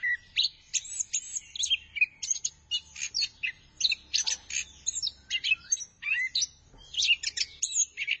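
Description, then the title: Thrush song: a fast run of short phrases of varied high chirps, trills and whistled notes, each quickly followed by the next. "burung anis x"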